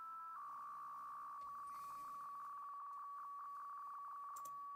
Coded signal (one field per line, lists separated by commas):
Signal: PSK63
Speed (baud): 62.5 baud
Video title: M0KNM - UKEICC 80m Contest Livestream 01/01/25